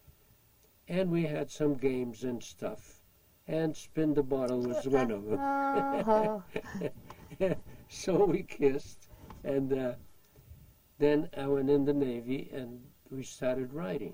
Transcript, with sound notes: And we had some games and stuff and spin the bottle was one of them. (Laughs)
Oh, oh.
So we kissed and then I went in the Navy and we started writing.